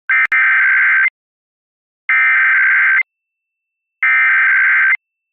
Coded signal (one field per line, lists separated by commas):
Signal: Emergency Alert System (SAME) tones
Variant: header bursts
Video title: Massachusetts Monthly Test on WGBY-DT1 Springfield, Massachusetts (7/2/2024) (EAS #125)